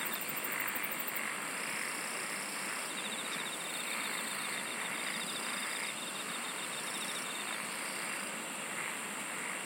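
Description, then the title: Constant shimmering insect drone, with a fast ticking trill in the middle and a very high buzzing train near the start. "SINGING OF INSECTS"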